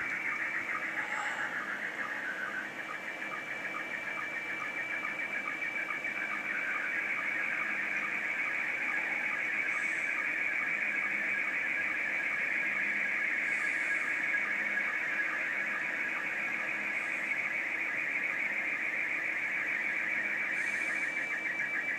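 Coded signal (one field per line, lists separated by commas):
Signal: SSTV (slow-scan television)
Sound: steady warbling, buzzing tone that shifts pitch quickly, with faint regular ticks underneath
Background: radio static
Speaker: there comes another photo across 14 decimal 230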